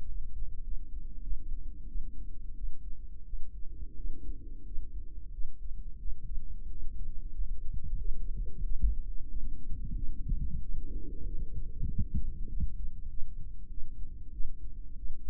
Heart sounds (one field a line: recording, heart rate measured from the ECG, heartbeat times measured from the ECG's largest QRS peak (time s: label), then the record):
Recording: heart sounds by microphone in the right ear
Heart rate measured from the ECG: 93 bpm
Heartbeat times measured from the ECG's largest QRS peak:
0.06 s: heartbeat
0.62 s: heartbeat
1.21 s: heartbeat
1.86 s: heartbeat
2.54 s: heartbeat
3.24 s: heartbeat
3.95 s: heartbeat
4.64 s: heartbeat
5.31 s: heartbeat
5.98 s: heartbeat
6.68 s: heartbeat
7.33 s: heartbeat
7.98 s: heartbeat
8.62 s: heartbeat
9.28 s: heartbeat
9.95 s: heartbeat
10.60 s: heartbeat
11.25 s: heartbeat
11.87 s: heartbeat
12.48 s: heartbeat
13.08 s: heartbeat
13.69 s: heartbeat
14.31 s: heartbeat
14.96 s: heartbeat
From the record:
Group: healthy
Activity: cold pressor test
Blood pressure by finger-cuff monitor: 102/33 mmHg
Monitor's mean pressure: 56 mmHg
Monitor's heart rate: 91 bpm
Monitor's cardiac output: 13.1 L/min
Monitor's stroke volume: 147 mL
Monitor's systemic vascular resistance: 320 dyn s/cm5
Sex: female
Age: 32 years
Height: 168 cm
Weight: 61.9 kg